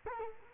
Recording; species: mosquito wingbeat signal from an infrared sensor; Culex quinquefasciatus